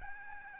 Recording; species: mosquito wingbeat signal from an infrared sensor; Aedes albopictus